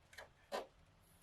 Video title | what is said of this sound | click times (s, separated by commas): Honda VTEC powered 1963 Mini Cooper, SHE TURNS OVER!!! B-Series Motor Swap!! | it was a soft click | 0.2 s